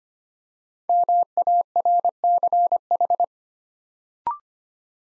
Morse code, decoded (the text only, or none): MARCH